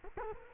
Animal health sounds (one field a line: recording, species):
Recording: mosquito wingbeat signal from an infrared sensor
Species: Culex quinquefasciatus